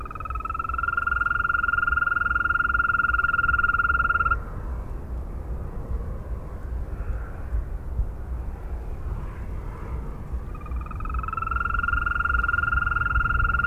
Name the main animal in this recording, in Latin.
Bufo viridis